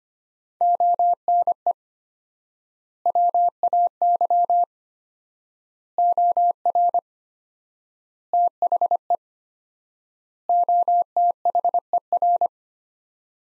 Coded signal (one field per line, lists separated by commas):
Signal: Morse code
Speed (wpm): 25 wpm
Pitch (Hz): 700 Hz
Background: none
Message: ONE WAY OR THE OTHER